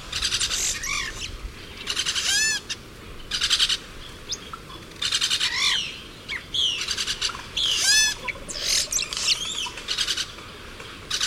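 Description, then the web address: Yellow-rumped cacique song: a rich run of bursts mixing liquid whistles, gurgling rising notes and harsh crackling phrases, broken by short pauses. Eastern lowlands of South America. "Natures Songs S America Eastern Lowlands. Yellow-rumped Cacique"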